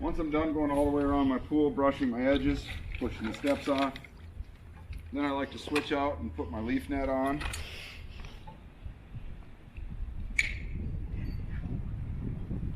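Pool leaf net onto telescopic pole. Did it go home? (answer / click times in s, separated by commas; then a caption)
yes / 10.4 s. A pool leaf net is swapped in for the brush on a telescopic pole, and its spring locking tab pins are pushed into the pole. Someone talks for the first part of the clip, then after some quieter handling a sharp click at 10.4 s marks the pins seating into place.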